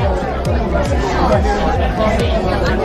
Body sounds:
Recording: background sound without coughing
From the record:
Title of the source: Nightlife Party Simulating Party Club Noise 1 Hour

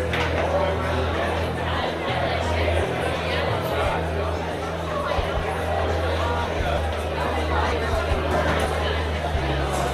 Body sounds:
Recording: background sound without coughing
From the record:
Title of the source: CITY SOUNDS Busy Bar in the Evening Night - 2 HOURS of Ambiance for Relaxation

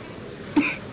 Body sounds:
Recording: coughing mixed with background sound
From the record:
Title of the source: 64 coughing, allergies, singing lungs

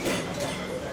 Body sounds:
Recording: coughing mixed with background sound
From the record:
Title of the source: Residual Phlegmy Morning Coughing and Gagging

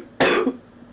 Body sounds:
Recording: coughing mixed with background sound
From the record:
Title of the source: Coughing 77

